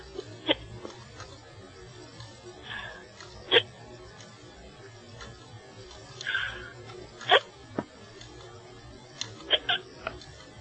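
About six or seven abrupt, sharp hiccup sounds from an adult come at irregular intervals over roughly 11 seconds, a few with a faint voiced catch, against quiet room noise. These are involuntary hiccups from sudden diaphragm spasms closing off the airway.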